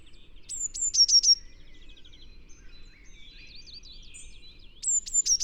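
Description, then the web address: Eurasian blue tit song: a shrill phrase of two high slurred notes and a rapid trill, then scratchy twittering, and the same phrase returning at the end. "SETE Cyanistes caeruleus"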